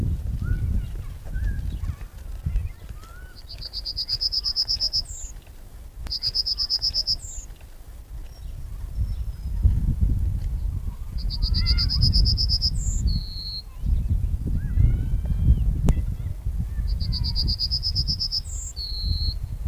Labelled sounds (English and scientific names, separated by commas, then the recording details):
Yellowhammer (Emberiza citrinella) song
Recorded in the wild
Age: adult
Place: Lübars (Fließtal), Berlin, DE
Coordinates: 52.6167, 13.35
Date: 2001-05-01 13:02
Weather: sonnig, 23°C, windig
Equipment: Nagra SN, Kopie Uher 4000 Report Monitor
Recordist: Tembrock, Günter
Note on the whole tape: Gesang - Strophenwechsel (Wind!!!), am Köppchensee